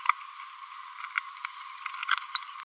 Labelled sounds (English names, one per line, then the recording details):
Green-rumped Parrotlet babbling
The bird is a female
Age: 30 days
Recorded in a nest box in Venezuela
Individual 17B102A5